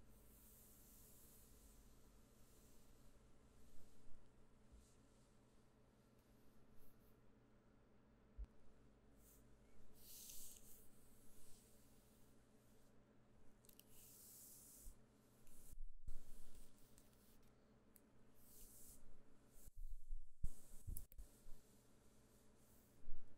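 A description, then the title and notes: Hands and hair brushing with mouth sounds over a steady low hum. Soft hissing strokes and rustles come in irregular bursts, brighter ones near 4, 10–11, 14 and 18–22 seconds, with two brief near-silent gaps around 16 and 20 seconds. Relaxing hands sounds and hair brushing and mouth sounds for sleep (no talking).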